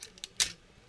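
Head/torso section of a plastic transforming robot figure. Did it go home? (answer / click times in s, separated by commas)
no / none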